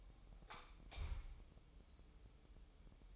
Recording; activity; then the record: daily activity, microphone in the room; light off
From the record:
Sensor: 1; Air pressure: 988.4 hPa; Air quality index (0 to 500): 198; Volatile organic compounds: 1000 ppm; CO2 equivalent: 5280 ppm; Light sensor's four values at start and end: 12/37/14/15 and 8/21/8/10